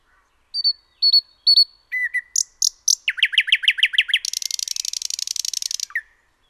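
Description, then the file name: Common nightingale song: repeated high whistles, a series of chirps, then a long rapid buzzing trill followed by a short low note. "Luscinia megarhynchos 180914"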